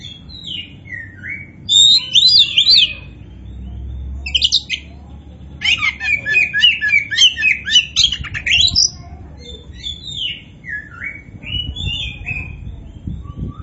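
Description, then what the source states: Oriental magpie-robin song: bursts of varied, high whistled and chattering phrases separated by pauses. Indonesian name kacer poci; described as gacor, meaning singing vigorously and continuously.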